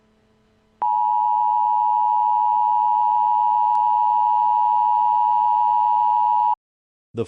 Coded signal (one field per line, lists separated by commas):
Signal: Emergency Alert System (SAME) tones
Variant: 853 and 960 Hz attention tone